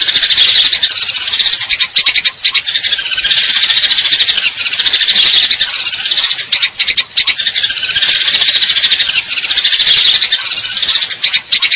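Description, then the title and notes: Eurasian tree sparrow giving continuous high, bright chirps run together into trills, the busy chatter broken only by short pauses. Fighting call with long trills, clear sound; training recording for contest birds. "GEREJA TARUNG NEMBAK PANJANG SUARA JERNIH MASTERAN. Burung Gereja"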